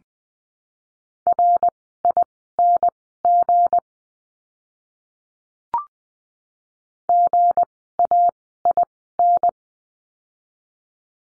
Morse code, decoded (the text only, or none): RING GAIN